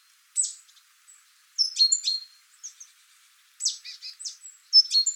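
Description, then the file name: Great tit calls in repeated bursts of sharp, high chirps and descending notes, grouped in irregular clusters. "Parus major"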